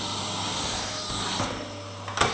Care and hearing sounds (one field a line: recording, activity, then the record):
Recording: daily activity, microphone in the room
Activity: vacuum cleaning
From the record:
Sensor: 3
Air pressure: 995.2 hPa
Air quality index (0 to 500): 68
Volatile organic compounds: 4 ppm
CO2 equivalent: 1538 ppm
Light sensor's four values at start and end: 15/46/20/17 and 9/27/11/11